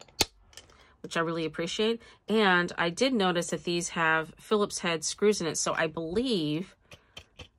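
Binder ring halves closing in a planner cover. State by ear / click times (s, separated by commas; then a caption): seated / 0.2 s. The metal binder rings of a transparent PVC A5 planner snap closed with a sharp click at 0.2 s as the ring halves come together. Someone then talks, and a few faint taps follow near the end. The rings are seated, closing with a satisfying click.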